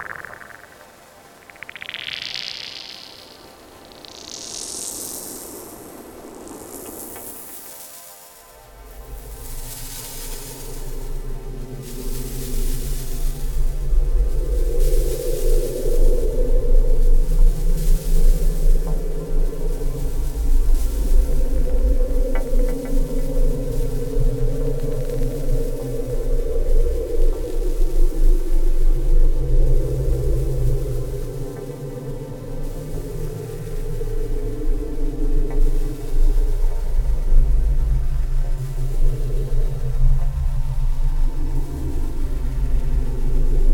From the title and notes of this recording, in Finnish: Lumen sulamisen äänistä koostuva radiofonia. Teoksen päämateriaalina on yhtenä ottona tehty kolmetuntinen äänitys, jossa lumeen upotettu hydrofoni (vedenalainen mikrofoni) tallentaa lumen hidasta sulamista ämpärissä huoneenlämmössä. Lumen sulaminen ämpärissä oli äänellisesti hyvin hiljaista.